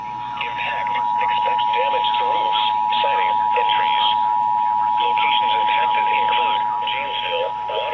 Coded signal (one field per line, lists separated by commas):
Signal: Emergency Alert System (SAME) tones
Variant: 853 and 960 Hz attention tone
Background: speech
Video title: Severe Thunderstorm Warning on KEC-60 (EAS #77)